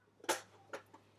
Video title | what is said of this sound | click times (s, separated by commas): How I Organize and Carry My Origami Owl Charm Trays | you can go ahead and put them in here like so you can click them into place and | 0.3 s